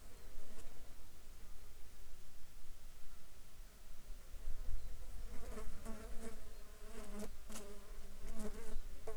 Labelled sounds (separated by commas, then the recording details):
wind, insects
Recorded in the Arctic National Wildlife Refuge, Alaska, on 8 July 2019 at 13:08
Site 37